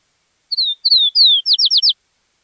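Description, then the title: Bird call: three high, downward-slurred whistles followed by four quick, sharp notes in a fast burst, all crisp against a silent background. "LuckyPassaro Completos2Sama"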